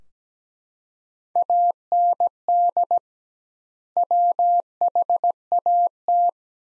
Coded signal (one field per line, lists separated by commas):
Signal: Morse code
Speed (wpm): 17 wpm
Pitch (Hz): 700 Hz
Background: none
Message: AND WHAT